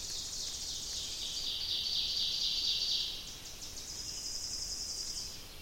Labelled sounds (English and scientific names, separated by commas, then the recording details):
Ovenbird (Seiurus aurocapilla) song
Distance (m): 55 m
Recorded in boreal forest in Alberta, Canada, on 29 May 2016 at 06:48
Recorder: SongMeter 3, array SBT-3-49
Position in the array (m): 106 m, 143 m
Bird 15